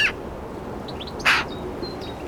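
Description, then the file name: Eurasian magpie call: two brief harsh, scratchy bursts, with faint thin bird notes around them. "Pica pica"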